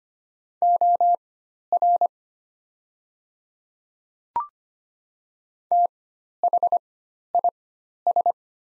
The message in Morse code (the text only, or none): OR THIS